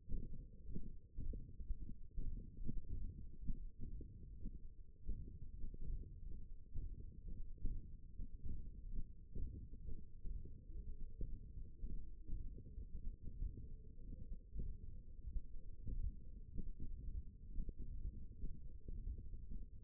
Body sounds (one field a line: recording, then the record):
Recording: forearm muscle sounds (acoustic myography)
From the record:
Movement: hand opening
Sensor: system 1, eight BSWA MPA416 microphones around the upper forearm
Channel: 4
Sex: male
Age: 23 years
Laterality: right